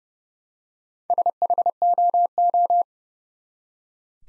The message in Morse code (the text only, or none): SHOO